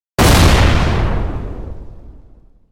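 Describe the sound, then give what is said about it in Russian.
A single loud grenade explosion inside a room bursts in abruptly, a full-range roar that rolls off into a long, fading low rumble over a couple of seconds, with no voices. “Грохнул взрыв.”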